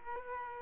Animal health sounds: mosquito wingbeat signal from an infrared sensor; Culex quinquefasciatus

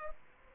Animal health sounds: mosquito wingbeat signal from an infrared sensor; Aedes aegypti

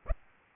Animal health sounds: mosquito wingbeat signal from an infrared sensor; Aedes aegypti

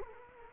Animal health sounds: mosquito wingbeat signal from an infrared sensor; Culex quinquefasciatus

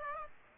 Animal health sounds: mosquito wingbeat signal from an infrared sensor; Aedes aegypti

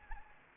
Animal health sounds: mosquito wingbeat signal from an infrared sensor; Anopheles arabiensis

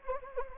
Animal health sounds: mosquito wingbeat signal from an infrared sensor; Anopheles gambiae

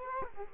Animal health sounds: mosquito wingbeat signal from an infrared sensor; Culex quinquefasciatus

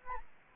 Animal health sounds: mosquito wingbeat signal from an infrared sensor; Aedes albopictus

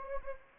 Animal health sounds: mosquito wingbeat signal from an infrared sensor; Anopheles gambiae

